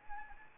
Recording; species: mosquito wingbeat signal from an infrared sensor; Anopheles arabiensis